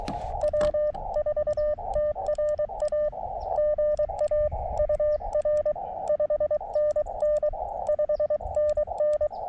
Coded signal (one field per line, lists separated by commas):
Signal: Morse code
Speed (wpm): 22 wpm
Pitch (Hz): 600 Hz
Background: none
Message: W4TRA GA UR 5NN 5NN